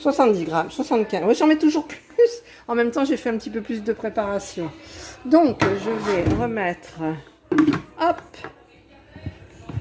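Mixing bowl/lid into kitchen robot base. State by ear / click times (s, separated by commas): not seated / none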